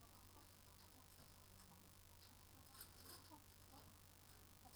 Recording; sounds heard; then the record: poultry house recording; healthy chickens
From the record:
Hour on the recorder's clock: 18